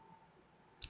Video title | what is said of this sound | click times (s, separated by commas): ORICO 40Gbps M.2 NVMe SSD Enclosure | you'll feel it click once it clicks | 0.8 s